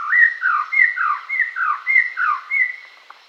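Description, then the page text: White-rumped shama song: a string of mellow whistled notes, alternating rising and falling slurs, about three per second, fading at the end. "White-Rumped Shama Song. Quick Sounds"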